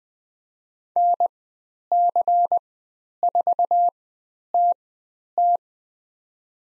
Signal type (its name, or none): Morse code